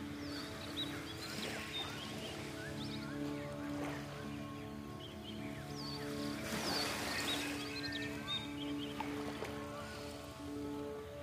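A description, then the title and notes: Small ocean waves lap the shore in soft washes, the strongest near seven seconds, over a steady low engine-like hum and scattered chirps. South Bay Beach HK, 4am. Tiny ocean waves lapping on the shore.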